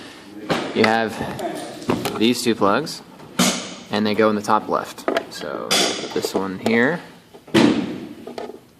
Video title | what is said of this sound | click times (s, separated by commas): Band Setup Tutorial | which is hard to do holding the camera. There we go. Make sure it clicks. | 8.4 s